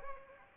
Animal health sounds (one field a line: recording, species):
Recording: mosquito wingbeat signal from an infrared sensor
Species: Anopheles arabiensis